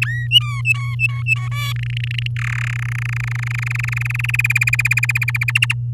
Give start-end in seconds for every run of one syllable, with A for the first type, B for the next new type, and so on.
0.02-0.28 A, 0.31-1.48 B, 1.51-1.73 C, 1.76-2.27 D, 2.36-2.71 E, 2.73-4.31 F, 4.34-5.51 G, 5.55-5.73 H